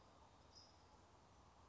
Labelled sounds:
California Towhee (Melozone crissalis)

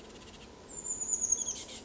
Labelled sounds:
Chestnut-backed Chickadee (Poecile rufescens)

